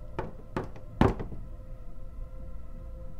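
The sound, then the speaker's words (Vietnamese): Three sharp knocks on a door at about 1 a.m., the last one loudest, in an uneven rhythm within the first second, followed by a low steady hum and otherwise quiet. “Thời gian lặng lẽ trôi, bỗng nhiên có tiếng gõ cửa làm tôi giật mình.”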